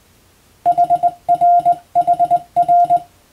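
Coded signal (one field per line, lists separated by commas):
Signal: Morse code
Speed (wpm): 20 wpm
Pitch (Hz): 700 Hz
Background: none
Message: HRHR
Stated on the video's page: Morse practice recorded on the amateur bands by a first-class radiotelegraph operator, aimed at Japan's Morse exam.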